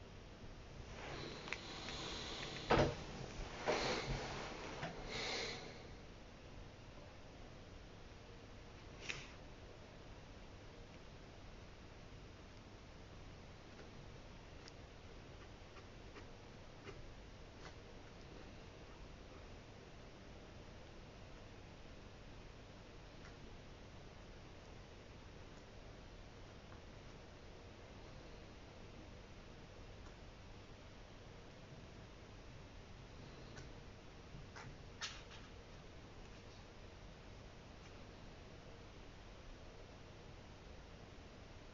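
Someone copying out a passage from a book's introduction by hand. The first five seconds bring a burst of louder rustling and handling, then a quiet, steady hiss settles in, broken by faint pen ticks and scratches, with a few sharper taps around 9 and 35 seconds.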